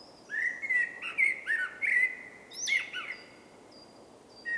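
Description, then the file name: Common blackbird song: a run of rich, low, warbling whistles followed by a thin high squeaky ending and a few faint high notes. "Turdus merula"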